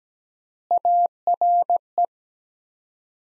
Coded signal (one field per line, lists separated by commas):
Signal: Morse code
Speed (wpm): 17 wpm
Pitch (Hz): 700 Hz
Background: none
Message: ARE